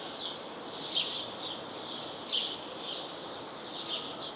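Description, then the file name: House sparrow giving three sharp, falling chirps about every one and a half seconds, with softer high twittering running underneath throughout. "Passer domesticus"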